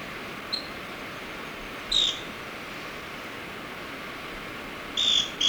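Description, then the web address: Scale-crested pygmy-tyrant calls: a faint high tick, a single sharp note, then two quick high notes near the end, over steady hiss. Recorded in Ecuador. "Birds of Ecuador 3 Scale-Crested Pygmy-Tyrant"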